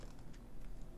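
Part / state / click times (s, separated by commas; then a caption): interchangeable lens into camera body bayonet mount / not seated / none. An interchangeable lens is fitted to the bayonet mount of a Nikon D7100 DSLR body with the white dots lined up, then turned toward its lock. Only quiet handling is heard, with faint brief ticks at about 0.2 s and 0.7 s. Nothing has clicked into place or seated yet.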